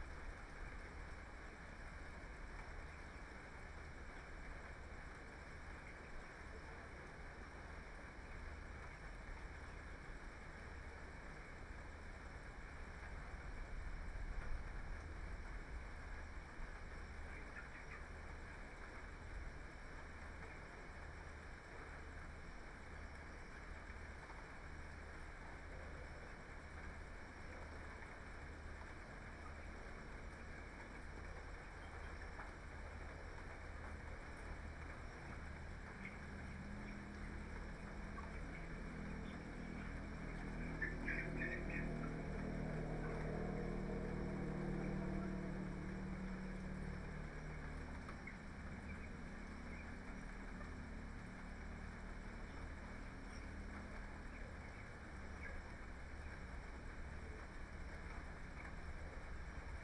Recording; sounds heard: poultry house recording; healthy chickens